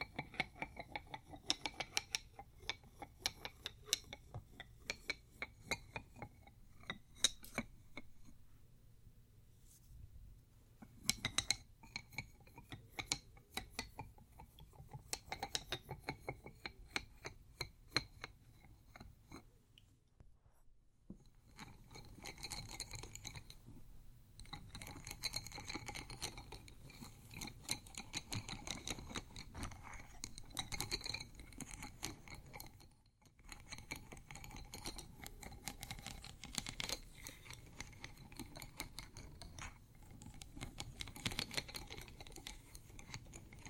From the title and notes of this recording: ASMR 3 EXTREMELY TINGLY ITEMS（No Talking） pencils, studs, ceramic.